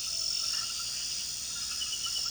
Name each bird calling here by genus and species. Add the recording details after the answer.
none. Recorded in pastures near Puerto Asís, Putumayo, Colombia, on 19 February 2024 at 01:00. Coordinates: 0.466, -76.323. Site G6384